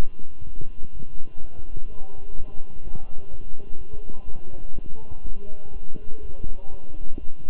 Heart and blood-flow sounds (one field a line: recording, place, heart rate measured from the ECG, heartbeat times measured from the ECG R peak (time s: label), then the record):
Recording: heart sounds by stethoscope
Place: between the tricuspid and mitral areas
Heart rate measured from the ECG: 125 bpm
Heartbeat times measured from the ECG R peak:
0.45 s: heartbeat
0.93 s: heartbeat
1.40 s: heartbeat
1.88 s: heartbeat
2.36 s: heartbeat
2.83 s: heartbeat
3.30 s: heartbeat
3.77 s: heartbeat
4.25 s: heartbeat
4.74 s: heartbeat
5.22 s: heartbeat
5.72 s: heartbeat
6.21 s: heartbeat
6.70 s: heartbeat
7.19 s: heartbeat
From the record:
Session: walking at 3.7 km/h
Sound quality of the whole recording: good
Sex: male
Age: 23 years